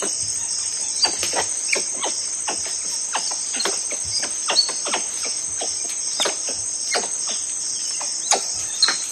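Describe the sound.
Tufted capuchin calls, many short sharp chirps and clicks scattered throughout, over a steady high insect drone.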